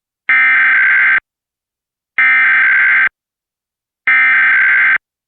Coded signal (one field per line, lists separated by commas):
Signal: Emergency Alert System (SAME) tones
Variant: header bursts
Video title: EAS #90: August 2025 West Virginia Required Monthly Test on Comcast